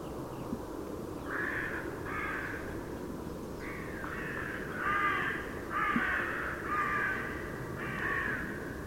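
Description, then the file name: Carrion crow giving a series of about eight harsh, hoarse caws, roughly one per second, growing louder toward the middle, over steady low background rumble. "Corvus corone"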